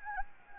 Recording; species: mosquito wingbeat signal from an infrared sensor; Anopheles gambiae